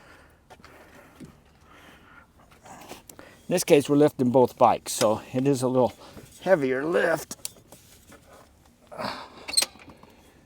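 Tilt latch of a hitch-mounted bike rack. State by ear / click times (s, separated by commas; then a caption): seated / 9.6 s. Someone talks while the tilted-down aluminum hitch-mounted bike rack, loaded with two ebikes, is lifted back upright as a heavier lift. The tilt latch catches with a loud, short metallic click at 9.6 s, locking the rack into place.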